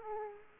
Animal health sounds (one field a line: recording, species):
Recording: mosquito wingbeat signal from an infrared sensor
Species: Aedes aegypti